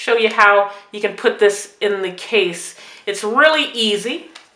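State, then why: Not seated. An iPhone 6 is handled next to a slim protective case with a black walnut wood back, about to be pressed into it, while someone talks throughout the 4.6 seconds. The phone has not yet seated or snapped into the case.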